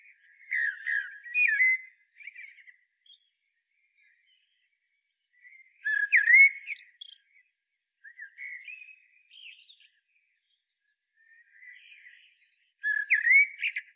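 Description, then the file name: Common blackbird singing three loud mellow whistled phrases about six seconds apart, the first two trailing into softer, scratchy twittering. "Turdus merula"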